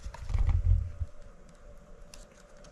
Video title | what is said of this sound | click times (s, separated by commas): Let's try the GTV kit | There you go. A little click. | 2.1 s